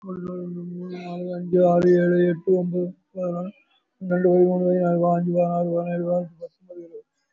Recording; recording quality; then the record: counting at a fast pace; excellent, no background noise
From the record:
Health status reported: respiratory illness, not identified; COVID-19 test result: not tested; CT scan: taken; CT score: 0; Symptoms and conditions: cough, cold, asthma, chronic lung disease, pneumonia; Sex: male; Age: 62 years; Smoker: no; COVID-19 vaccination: none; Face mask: not worn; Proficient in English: no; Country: India